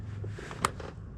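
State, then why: Released. Someone pushes on a closed door, and the small deadlatch plunger in the door latch clicks back into the door, which lets the latch be slipped with a shove knife. A single sharp, bright click sounds at 0.7 s, with softer bumps just before and after over a low background hum. The plunger is released.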